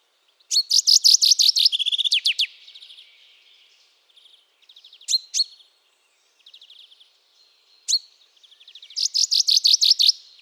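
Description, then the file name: Common chaffinch song: fast, bright trilled phrases ending in a short flourish, then sharp single notes and softer trills, and another song begins. "Fringilla coelebs"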